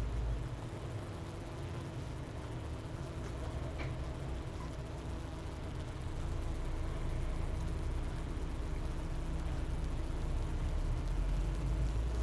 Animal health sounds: honeybee colony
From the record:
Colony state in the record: missing queen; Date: 31 May 2018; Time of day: 10:33

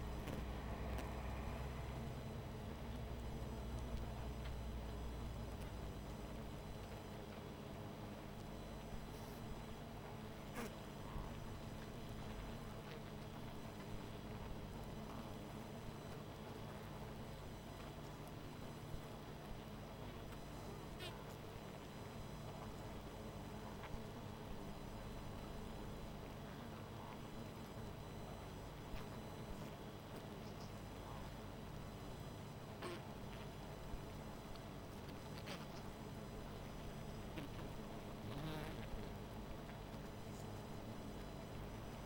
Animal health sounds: honeybee colony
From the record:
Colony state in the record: missing queen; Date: 14 July 2017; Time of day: 20:01

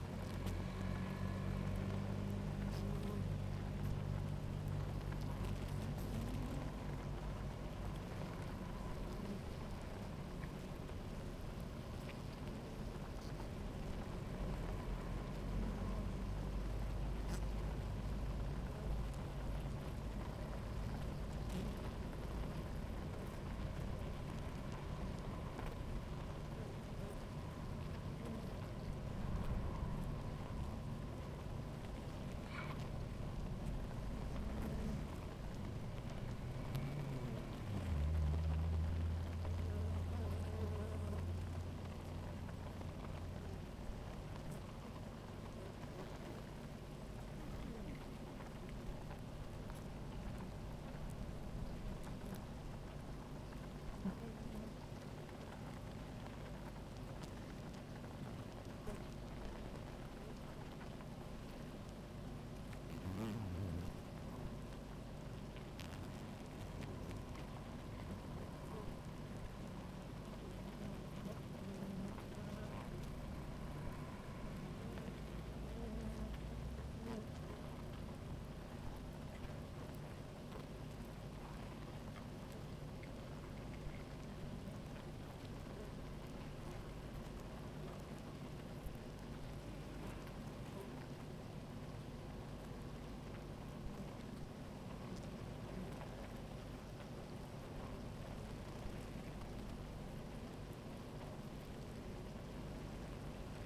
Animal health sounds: honeybee colony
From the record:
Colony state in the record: active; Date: 28 July 2017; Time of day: 16:34

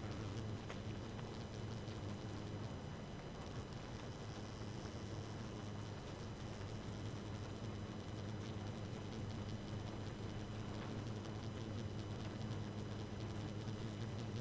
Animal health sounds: honeybee colony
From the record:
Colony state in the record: active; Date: 12 June 2018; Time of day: 2:16

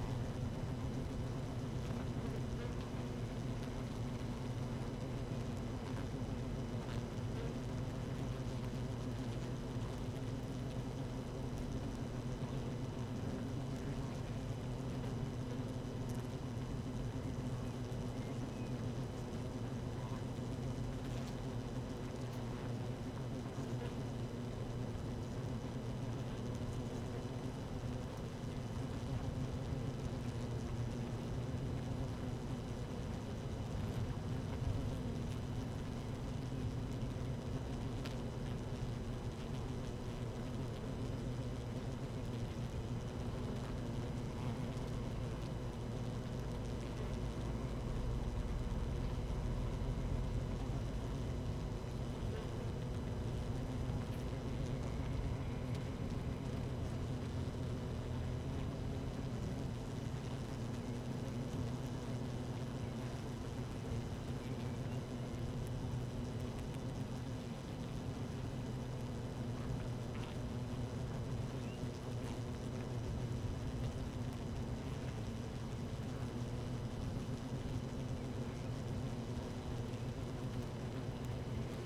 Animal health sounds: honeybee colony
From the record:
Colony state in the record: active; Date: 12 June 2018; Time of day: 13:47

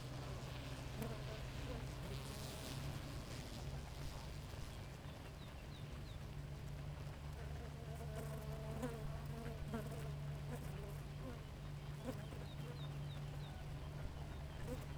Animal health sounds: honeybee colony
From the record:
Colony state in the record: active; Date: 28 July 2017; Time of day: 4:28

